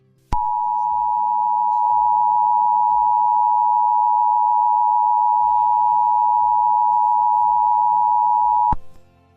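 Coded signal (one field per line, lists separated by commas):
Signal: Emergency Alert System (SAME) tones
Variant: 853 and 960 Hz attention tone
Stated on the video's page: Fictional EAS scenario.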